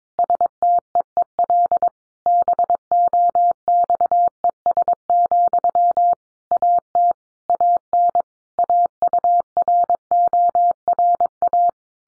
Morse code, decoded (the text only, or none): STEEL BOXES, AT AN AURORA